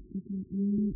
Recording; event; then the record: neck accelerometer signal played as sound; no cough (speech, laughter, throat clearing or background)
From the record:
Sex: female